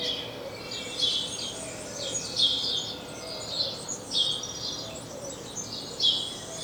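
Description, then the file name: House sparrow calling, several short chirp bursts scattered throughout over a continuous noisy background. "Passer domesticus"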